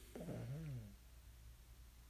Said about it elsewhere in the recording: My dog snoring in the background.